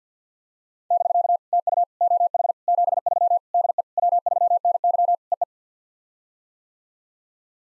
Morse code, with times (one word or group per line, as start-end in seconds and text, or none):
0.9-1.4 <BK>
1.5-1.8 TU
2.0-2.5 OH
2.7-3.4 73
3.5-3.8 DE
4.0-5.2 W3NY
5.3-5.4 EE